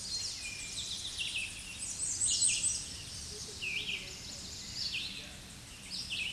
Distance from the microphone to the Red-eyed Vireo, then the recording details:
about 20 m. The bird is about 5 m above the microphone. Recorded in a Pennsylvania forest on 16 May 2024 at 07:46. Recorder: AudioMoth, point MSD-2478. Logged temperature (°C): 15.6 °C. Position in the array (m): 41 m, 181 m